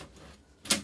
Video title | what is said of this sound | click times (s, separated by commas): Toner, Drum and Transfer Belt Counter Reset On A Brother MFC-L3750 Printer Among Other Things | locks into place like that | 0.6 s, 0.7 s